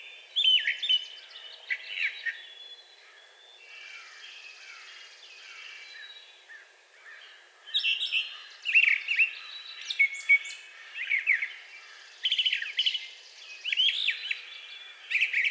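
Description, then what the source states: Brown thrasher song, varied phrases with a short quieter stretch midway, then rapid bursts of chirps and whistles. Recorded 4 June 2020.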